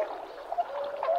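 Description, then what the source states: Tundra swan calls: soft, mellow hoots and bugled notes in short overlapping bursts. Recorded at Sugao marsh, Ibaraki Prefecture, Japan.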